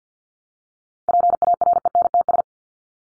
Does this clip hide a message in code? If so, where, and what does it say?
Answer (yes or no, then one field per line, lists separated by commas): yes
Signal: Morse code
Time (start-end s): 1.1-2.4 s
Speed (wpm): 50 wpm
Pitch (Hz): 700 Hz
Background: none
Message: PARENTS